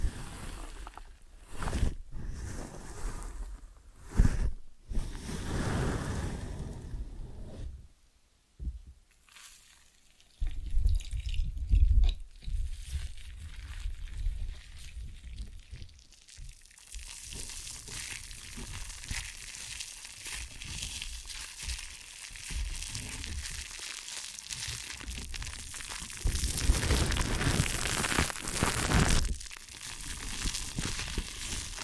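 Ear and scalp massage with close rubbing and crinkling sounds. The first ten seconds bring sharp bursts of scratchy friction, then a near-silent pause around eight seconds, followed by a steadier hiss of brushing that swells brighter near twenty-seven seconds.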